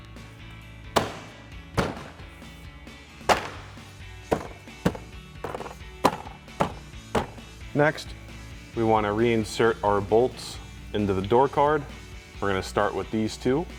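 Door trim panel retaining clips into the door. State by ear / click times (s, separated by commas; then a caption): seated / 1.0 s, 6.1 s, 6.6 s. The plastic door trim panel of a 2019–2026 RAM 1500 truck is pressed back onto the door during an OPR power-adjust manual flip-up towing mirror install, with sharp knocks and snaps as its retaining clips seat at 1.0, 6.1 and 6.6 seconds. Someone talks afterward, and the panel's clips are snapped into place.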